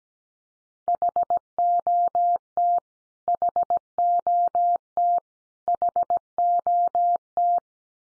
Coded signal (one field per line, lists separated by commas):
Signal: Morse code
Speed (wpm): 17 wpm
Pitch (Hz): 700 Hz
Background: none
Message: HOT HOT HOT